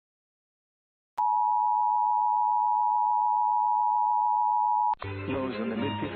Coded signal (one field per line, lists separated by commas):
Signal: Emergency Alert System (SAME) tones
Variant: 853 and 960 Hz attention tone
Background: music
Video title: WETA-TV Washington D.C Required Monthly Test (EAS #1270) 9/20/23